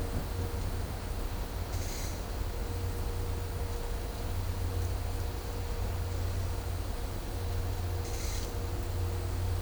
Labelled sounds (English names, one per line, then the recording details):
none
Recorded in dense forest near Puerto Asís, Putumayo, Colombia, on 22 December 2024 at 11:00
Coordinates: 0.503, -76.323
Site G043